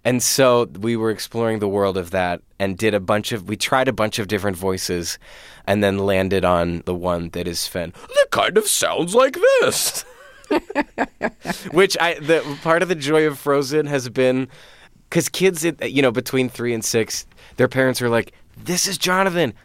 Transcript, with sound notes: And so we were exploring the world of that and did a bunch of - we tried a bunch of different voices and then landed on the one that is Sven. It kind of sounds like this... (LAUGHTER) ...Which I - part of the joy of "Frozen" has been 'cause kids, you know, between 3 and 6 - their parents were like, this is Jonathan.